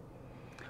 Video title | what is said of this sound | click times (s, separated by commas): I am Up to No Good Part 2 on 2024/05/01 | locks into place | 0.6 s